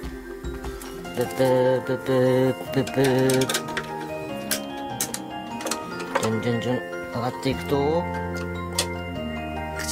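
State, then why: Seated. A toy car rides the plastic lift platform of an Anpanman toy parking tower while music plays and someone talks. As the lift rises, it locks at a floor with a single click at 8.8 s, seating into place.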